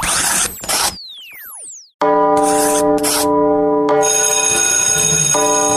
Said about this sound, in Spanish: Ya tocó la campana.